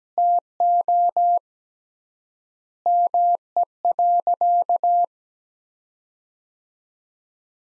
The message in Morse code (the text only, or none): TO ME.